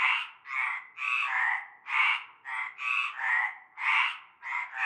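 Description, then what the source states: Frog chorus of harsh, buzzy croaks, with several frogs overlapping in uneven, drawn-out bursts. Chorus of frogs calling from nightfall in a large concrete basin with stagnant greenish water, Avenue Cante Coucou, Groupède, La Ciotat, Bouches-du-Rhône, France.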